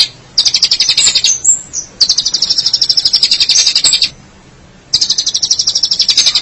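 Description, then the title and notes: Long-tailed Shrike delivering rapid harsh high chatter in three bursts separated by short silences. Recorded in March 2017. "Pentet 201703. Suara burung pentet"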